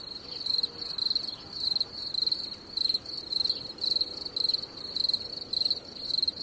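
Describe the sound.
Cricket giving bright, high-pitched pulsed chirps in a steady series, with soft hiss behind.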